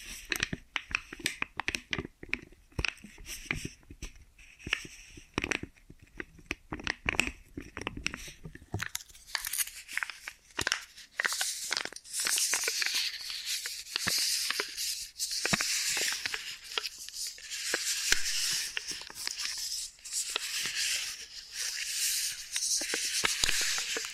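Ear and scalp massage sounds: dense crinkling, rubbing and rapid clicky taps, sharper and more broken early, then a brighter, steadier scratching hiss.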